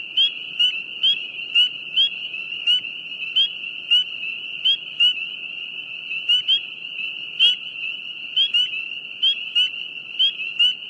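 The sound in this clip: Frogs calling: a continuous shrill tone and short rising chirps at irregular intervals of roughly half a second to a second, with quiet low background noise.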